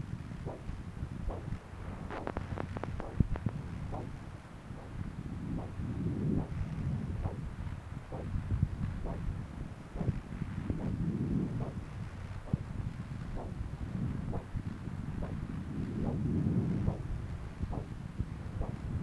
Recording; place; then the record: Doppler ultrasound of blood flow; right subclavian vein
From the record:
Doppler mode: continuous wave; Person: adult scuba diver, at rest before a dive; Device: O'Dive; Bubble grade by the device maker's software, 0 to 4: 0